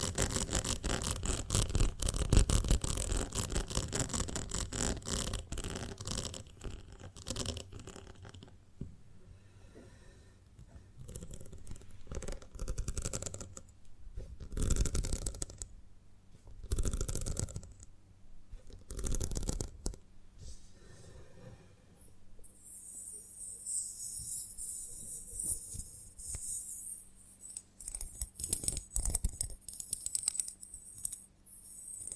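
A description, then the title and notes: Honeycomb on a branch being handled, with dense crackling and sticky crunching through the first eight seconds, then scattered bursts of crunching around 14, 17 and 19 seconds. Between bursts come quieter rustles and tapping, and a thin bright hiss runs through the last ten seconds. ASMR of a Honeycomb on Branch (No Talking).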